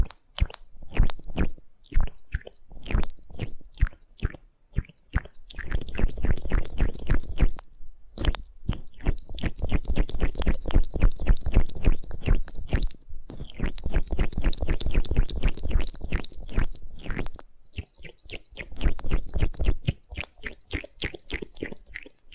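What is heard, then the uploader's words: Wet, sticky squishing and crackling from gel being massaged against the ear, in fast, dense bursts of tiny pops and squelches. The rubbing runs loud in rhythmic stretches with brief pauses near 8 and 13 seconds. ASMR Aloe Gel Ear Massage for Pure Relaxation (No Talking).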